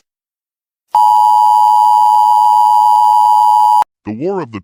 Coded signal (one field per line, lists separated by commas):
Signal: Emergency Alert System (SAME) tones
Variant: 853 and 960 Hz attention tone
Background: speech